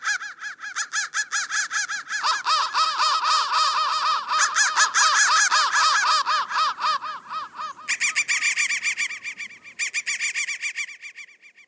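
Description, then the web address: Crows giving harsh repeated caws, several birds calling over one another, turning shriller later on before fading at the end. "soundfactory crow"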